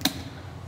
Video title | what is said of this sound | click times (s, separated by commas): Ultimate Christmas Gift For The Car Enthusiast 2022! | and you lock the tabs in | 0.0 s